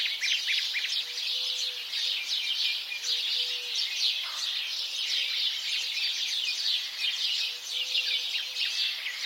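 A constant House sparrow flock chatter of many overlapping chirps, with faint humming tones beneath.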